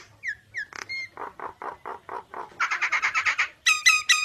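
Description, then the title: Nias hill myna calls: slurred whistles, a series of low nasal croaks, then rapid harsh chatter and loud ringing notes; faint low hum behind. Energetic 'gacor' singing with a very loud 'super gledek' voice, used as master material for tutoring songbirds. "Burung Jalak Nias Gacor Suara Super Gledek Untuk Masteran"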